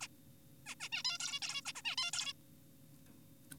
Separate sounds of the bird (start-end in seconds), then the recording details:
0.01-0.07, 0.67-0.75, 0.81-0.89, 0.92-1.03, 1.05-1.18, 1.20-1.40, 1.43-1.61, 1.66-1.73, 1.75-1.82, 1.85-1.96, 1.98-2.11, 2.13-2.33. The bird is an adult. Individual g4p5U